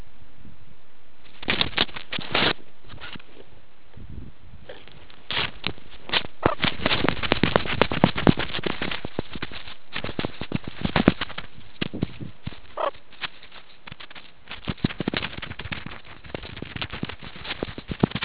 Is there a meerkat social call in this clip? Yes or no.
no